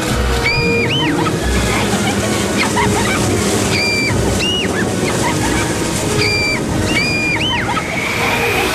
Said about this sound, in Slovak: Pred nami je rieka!